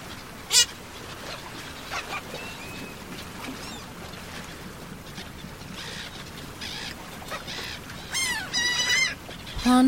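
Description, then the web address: Gull calling with a few scattered cries, then a quick run of harmonic notes near the end, over steady background noise. "bird seagull"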